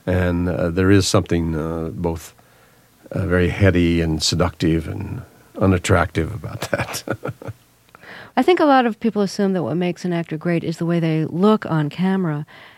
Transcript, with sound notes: And there is something both very heavy and seductive and unattractive about that. (laughs)
I think a lot of people assume that what makes an actor great is the way they look on camera,